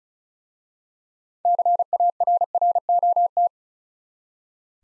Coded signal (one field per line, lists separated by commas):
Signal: Morse code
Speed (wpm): 33 wpm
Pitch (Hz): 700 Hz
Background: none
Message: CARROT